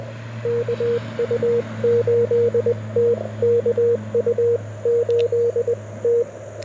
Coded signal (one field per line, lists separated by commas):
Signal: Morse code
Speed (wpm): 21 wpm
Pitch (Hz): 470 Hz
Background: radio noise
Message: KU8T KU8T